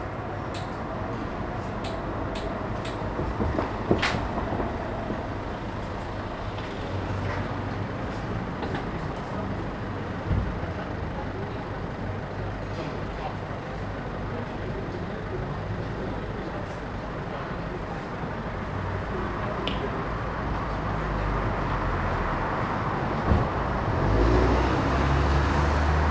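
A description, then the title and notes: Outside a small bar in a narrow street, a steady low rumble of passing vehicles mixes with murmured voices and occasional sharp clicks. Street bar. Captured on the pavement outside a small bar in a narrow street. Daylight is running out as people return home after shopping in the city. The street is decorated with Christmas lights along the length.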